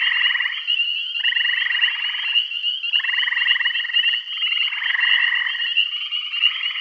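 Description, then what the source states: Several frogs give long grating trills, about one to one and a half seconds each, over a continuous high-pitched background drone. Bath County.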